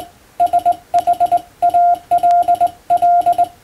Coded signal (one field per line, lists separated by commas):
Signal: Morse code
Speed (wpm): 20 wpm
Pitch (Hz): 700 Hz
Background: none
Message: SHALL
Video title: 無線従事者国家試験総合無線通信士電気通信術のトレーニングにＣＷを打ってみました。アマチュア無線ハムの受信練習にもどうぞ(morse code practice for radio operator )